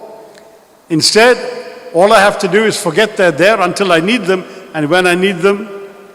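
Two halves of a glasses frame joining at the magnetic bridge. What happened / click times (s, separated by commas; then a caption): Handled, not yet home: no seating click heard, only a man talking / none. A man talks while handling the two halves of a pair of reading glasses that hang around the neck, which join with two magnets at the bridge. Nothing has clicked together or seated yet; the clip ends before the magnetic halves snap into place.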